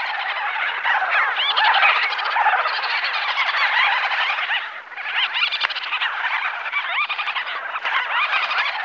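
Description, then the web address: Birds calling en masse, a dense continuous chatter of many overlapping squeaky and warbled calls, with a brief dip near the middle before the din returns. "Zero-G Ambient 1 BIRDS BATS MAD BIRDS"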